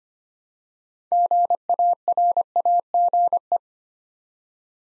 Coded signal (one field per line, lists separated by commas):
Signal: Morse code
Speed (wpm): 25 wpm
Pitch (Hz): 700 Hz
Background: none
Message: GARAGE